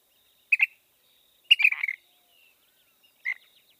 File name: Ash throated Flycatcher